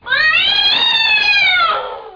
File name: Sound meow